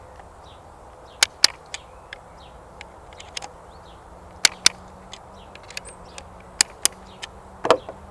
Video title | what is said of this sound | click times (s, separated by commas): Test & video: Hardy Hybrid Carbon Fibre, the lightweight precision hunting rifle | with two clicks | 1.2 s, 1.4 s, 4.4 s, 4.7 s, 6.6 s, 6.9 s